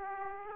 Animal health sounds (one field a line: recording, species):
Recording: mosquito wingbeat signal from an infrared sensor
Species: Aedes aegypti